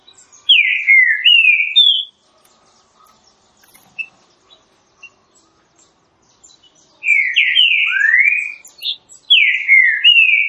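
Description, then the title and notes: Green-winged saltator song: a loud phrase of slurred, falling whistles, faint chips during a pause of about five seconds, then further loud phrases. Classic song, used for training. "Canto Clássico Trinca Ferro TREINAMENTO. trinca fero"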